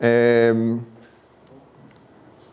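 A square SC-type fiber optic connector is pushed straight into its adapter, which it fits in only one orientation. Someone talks at the start, then after a quiet stretch two small clicks come at 1.9 s and 2.0 s as the connector seats and is connected.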